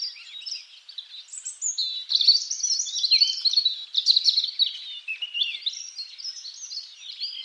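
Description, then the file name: European robin song, a continuous run of high, thin warbling and twittering notes, rapidly changing in pitch, swelling louder midway then easing off. "Erithacus rubecula"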